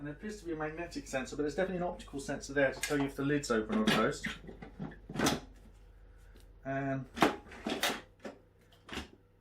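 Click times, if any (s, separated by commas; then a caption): 7.8 s. A pressure-cooking lid is put onto a multicooker base and turned until it locks in place. Someone talks at first, then a few handling knocks and scrapes are heard, with the sharp lock click at 7.8 s.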